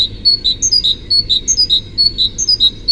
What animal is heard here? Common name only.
Great Tit